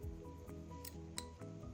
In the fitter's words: then make sure it clicks. There we go.